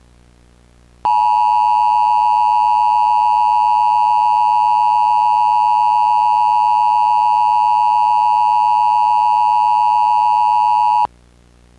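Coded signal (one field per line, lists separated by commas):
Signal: Emergency Alert System (SAME) tones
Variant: 853 and 960 Hz attention tone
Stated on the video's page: Fictional EAS mock of a nuclear meltdown, analog horror style, containing valid EAS tones.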